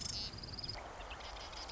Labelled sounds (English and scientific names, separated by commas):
Marsh Wren (Cistothorus palustris)